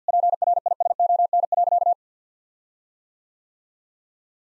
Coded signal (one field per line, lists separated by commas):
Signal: Morse code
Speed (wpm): 50 wpm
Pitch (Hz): 700 Hz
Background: none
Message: PRISON.